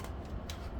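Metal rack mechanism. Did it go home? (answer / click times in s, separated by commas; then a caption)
no / none. The folding section of a Thule Epos 2 hitch bike rack with lights, being installed on a 2021 Toyota Highlander, is bent down toward its locked detent. Steady low handling noise is heard, with a brief sharp transient at about 0.5 s. Nothing has clicked or seated into position yet.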